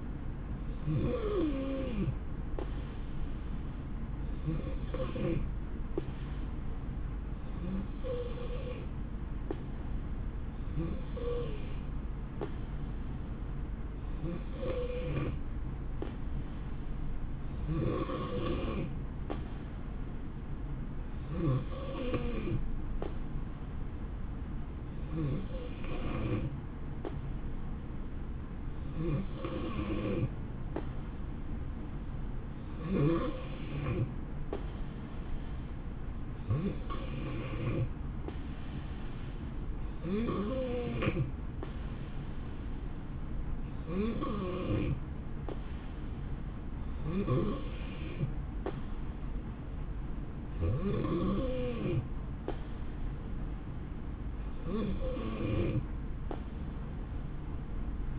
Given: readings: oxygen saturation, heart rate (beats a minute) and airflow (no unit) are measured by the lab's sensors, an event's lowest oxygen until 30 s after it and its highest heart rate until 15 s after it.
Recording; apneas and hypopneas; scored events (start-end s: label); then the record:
breathing in sleep by a smartphone at the bedside; none
none scored
From the record:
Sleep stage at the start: N3 (deep sleep); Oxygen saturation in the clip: 90 to 91%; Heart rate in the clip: 60 to 69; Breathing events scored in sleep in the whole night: 160 in 9.3 hours asleep